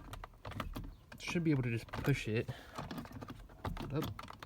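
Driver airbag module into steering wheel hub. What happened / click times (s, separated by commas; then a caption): The module is handled and pushed but not yet seated / none. A driver airbag module is handled at the steering wheel hub of a BMW E90, E91, E92 or E93 during a steering wheel retrofit, after its connector has been plugged in and before it is pushed in to lock. Someone talks over scattered light, sharp taps and handling clicks. Nothing has seated or clicked into place yet.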